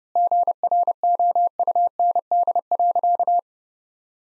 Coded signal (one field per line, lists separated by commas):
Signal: Morse code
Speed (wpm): 32 wpm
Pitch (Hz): 700 Hz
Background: none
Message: GROUND.